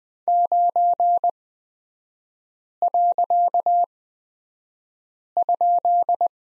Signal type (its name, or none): Morse code